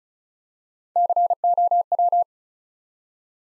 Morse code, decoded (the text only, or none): COW